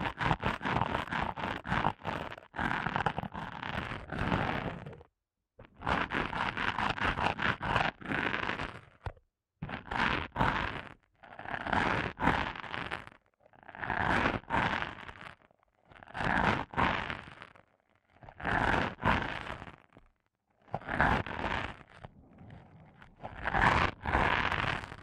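ASMR eardrum massage: rough rubbing and scratching strokes against the microphone, coming in dense bursts of one to two seconds. Short silent pauses separate them, with a longer gap near five seconds. The texture stays crackly and full throughout, like fabric or fingers dragging.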